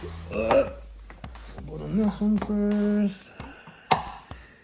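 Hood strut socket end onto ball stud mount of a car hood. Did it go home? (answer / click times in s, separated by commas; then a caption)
yes / 3.9 s. Someone talks while the socket end of a new gas hood strut is pressed onto the metal ball stud mount on a C6 Corvette's hood. It snaps into place with a sharp click at 3.9 s and is seated.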